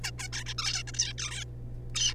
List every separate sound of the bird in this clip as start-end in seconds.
0.04-0.11, 0.18-0.28, 0.33-0.44, 0.47-0.54, 0.58-0.83, 0.88-0.91, 0.94-1.15, 1.18-1.44, 1.95-2.14